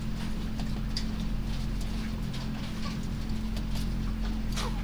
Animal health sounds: poultry house recording; sick chickens (respiratory disease)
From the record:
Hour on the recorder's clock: 2

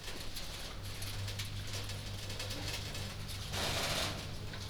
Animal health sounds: poultry house recording; no chicken sound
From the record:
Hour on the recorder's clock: 22

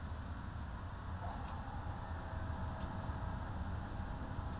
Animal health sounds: poultry house recording; no chicken sound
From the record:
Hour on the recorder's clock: 15

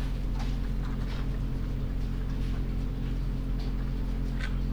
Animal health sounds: poultry house recording; sick chickens (respiratory disease)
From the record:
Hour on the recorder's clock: 22

